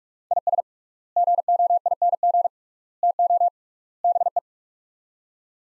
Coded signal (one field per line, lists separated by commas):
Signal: Morse code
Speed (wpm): 46 wpm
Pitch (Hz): 700 Hz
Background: none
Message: IS GOING TO BE